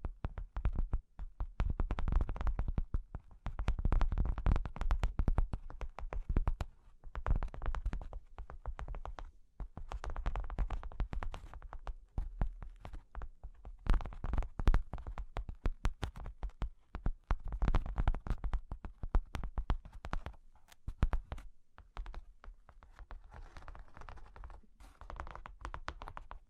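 Cork and wood are tapped and scratched in dense, irregular clicks and rubs, with brief pauses near nine and twenty-two seconds and softer tracing toward the end.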